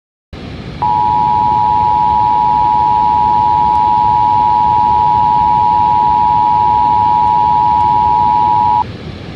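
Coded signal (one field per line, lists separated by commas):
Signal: Emergency Alert System (SAME) tones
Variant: 853 and 960 Hz attention tone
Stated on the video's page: Simulated EAS scenario for an earthquake.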